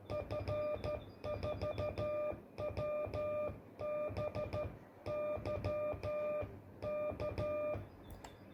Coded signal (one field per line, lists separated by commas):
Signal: Morse code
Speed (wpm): 13 wpm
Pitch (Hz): 600 Hz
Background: music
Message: F4WBY K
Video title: QRPVer Minion SDR First Impressions.